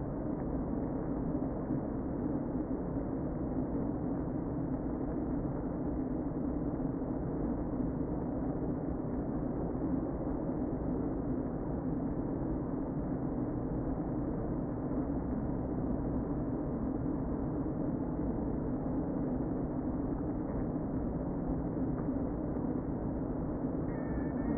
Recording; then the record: honeybee colony, microphone inside the hive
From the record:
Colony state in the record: queen present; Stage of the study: before two queens were removed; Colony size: about 60,000 bees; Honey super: yes